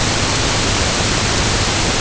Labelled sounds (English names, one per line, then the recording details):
none
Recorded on Arctic tundra, site UTQI-5, on 21 June 2018
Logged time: 06:00